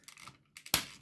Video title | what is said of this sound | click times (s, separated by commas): How to transform 2005 Transformers Cybertron Supreme class Starscream | there's one and they will click into a uh they have this pin right here that will click into that housing right there | 0.7 s